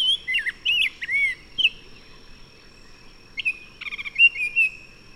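Bird song: a few twisting whistled phrases, a quiet pause, then a sharp chirp, a rapid stuttering series and a steady whistled tone.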